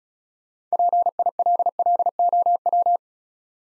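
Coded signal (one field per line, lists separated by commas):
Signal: Morse code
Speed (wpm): 36 wpm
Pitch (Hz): 700 Hz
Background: none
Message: PILLOW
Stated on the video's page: Morse practice set of easy words at 28 wpm, speed-racing with contextual hints.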